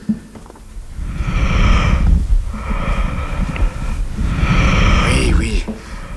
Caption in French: J'entends une sorte de murmure. Oui, le murmure vésiculaire des alvéoles qui se plissent et se déplissent selon la mécanique respiratoire.